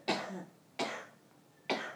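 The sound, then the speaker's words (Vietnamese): Three forceful coughs made during a guided meditation to push air out of the lungs, each a sharp, harsh burst that fades quickly, spaced unevenly about a second apart with quiet gaps between and no talking. “Cứ ho thật mạnh để những khí độc trong phổi nó đẩy ra.”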